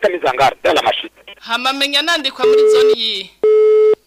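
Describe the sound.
A telephone busy tone sounds after a self-styled doctor, pressed with questions, cuts off the call: two steady, flat, mid-pitched beeps with a pause between, following a stretch of talking voices.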